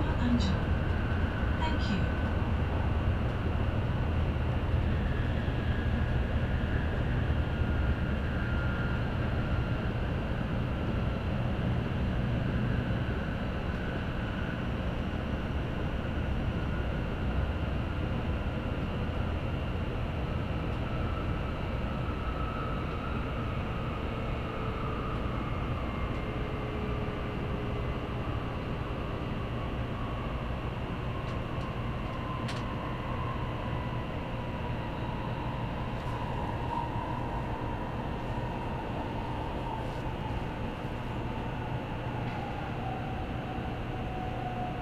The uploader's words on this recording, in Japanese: 東海道新幹線 名古屋→豊橋 こだま号自由席。14号車に乗車しました。